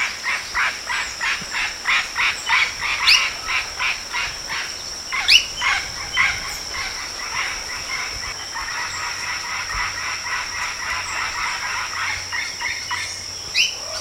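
Bird calling in a steady series of harsh, chattering notes, over a constant high-pitched whine and a few sharp upslurred whistles.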